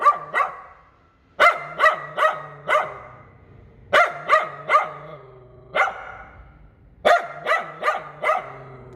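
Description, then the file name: Poodle letting out rapid, high yapping barks in repeated bursts of several, with short quiet breaks. "Tieng cho poodle sua"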